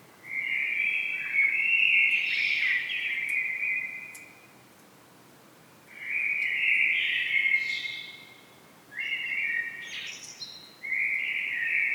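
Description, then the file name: Common blackbird song of rich, warbling phrases separated by pauses, some ending in a squeaky, higher flourish. "Turdus merula"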